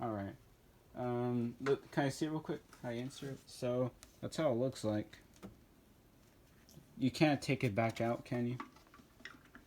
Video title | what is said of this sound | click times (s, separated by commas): Unboxing Jurassic World Hammond Collection Spinosaurus #2!!! | Because hear it click. | 9.2 s